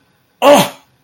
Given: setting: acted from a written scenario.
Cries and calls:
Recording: vocal sound without words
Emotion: pain

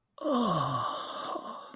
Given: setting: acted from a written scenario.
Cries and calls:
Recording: vocal sound without words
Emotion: ecstasy

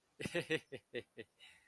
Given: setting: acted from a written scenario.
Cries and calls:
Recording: vocal sound without words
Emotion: amusement

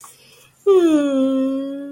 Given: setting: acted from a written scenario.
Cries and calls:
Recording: vocal sound without words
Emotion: sympathy

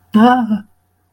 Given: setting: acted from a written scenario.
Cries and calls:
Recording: vocal sound without words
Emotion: distress

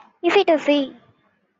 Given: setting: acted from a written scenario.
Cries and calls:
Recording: vocal sound without words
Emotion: ecstasy

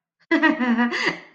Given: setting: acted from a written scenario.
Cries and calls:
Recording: vocal sound without words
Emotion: pride

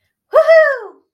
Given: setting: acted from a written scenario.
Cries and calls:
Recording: vocal sound without words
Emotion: elation

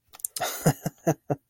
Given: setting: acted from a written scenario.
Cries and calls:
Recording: vocal sound without words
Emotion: amusement

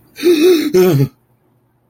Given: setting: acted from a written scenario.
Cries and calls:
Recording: vocal sound without words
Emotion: negative surprise

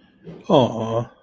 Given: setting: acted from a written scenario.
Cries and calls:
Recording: vocal sound without words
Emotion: adoration

